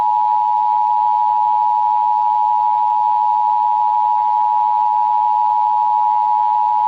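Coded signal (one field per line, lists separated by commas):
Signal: Emergency Alert System (SAME) tones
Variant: 853 and 960 Hz attention tone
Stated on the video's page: Monthly EAS test on an AM broadcast station at 820 kHz, the designated emergency alert station for the area, recorded on a Retekess V115 radio.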